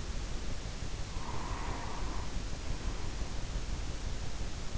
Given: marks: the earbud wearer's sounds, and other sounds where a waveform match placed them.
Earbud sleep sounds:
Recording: sounds in sleep by an in-ear microphone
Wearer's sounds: breath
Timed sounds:
0.85-3.56 s: breath

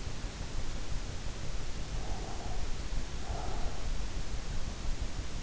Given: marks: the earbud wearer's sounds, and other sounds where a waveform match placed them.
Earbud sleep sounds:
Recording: sounds in sleep by an in-ear microphone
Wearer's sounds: breath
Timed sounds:
1.85-3.93 s: breath

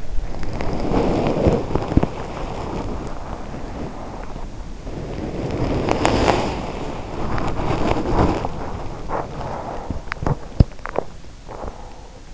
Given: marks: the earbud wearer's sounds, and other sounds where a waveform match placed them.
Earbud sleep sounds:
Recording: sounds in sleep by an in-ear microphone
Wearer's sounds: body movement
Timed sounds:
0.00-12.34 s: body movement

